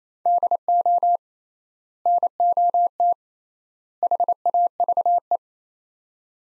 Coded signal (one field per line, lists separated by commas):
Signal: Morse code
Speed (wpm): 28 wpm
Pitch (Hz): 700 Hz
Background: none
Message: DO NOT HAVE